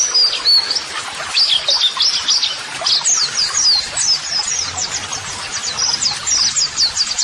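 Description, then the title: White-eye song, high twittering phrases of fast, sharp chirps and slurred whistles that pour out nonstop. Model-song therapy audio for training white-eyes, described as continuously singing and meant to prompt birds to reply at once. "Pleci Gacor LANGSUNG NYAUT MASTERAN AUDIO TERAPI PLECI"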